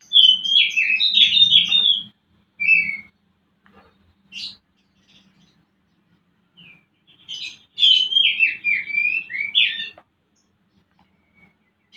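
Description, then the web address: Oriental magpie-robin song: two loud bursts of varied whistling and warbling, with a few scattered single notes in the quiet stretch between them. Used as a lure to stimulate a bird in breeding condition to sing. "kacer pancingan birahi. masteran kacer"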